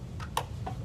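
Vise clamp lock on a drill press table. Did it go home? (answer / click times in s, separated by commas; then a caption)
yes / 0.4 s. On a drill press table, the metal vise clamp holding a steel shovel handle is pushed forward until its lock engages, giving a sharp metallic click at 0.4 s, with fainter ticks around 0.2 s and 0.7 s. The clamp is locked and seated, since without the click it would not be clamped.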